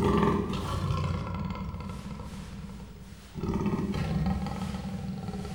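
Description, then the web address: Persian leopard snoring, a continuous low gravelly rasp that dips briefly past the middle before a stronger snoring breath resumes. Captive animal in a zoo in Miskolc, Hungary, in 2018; real snoring. "perzsa leopard igazihorges miskolczoo"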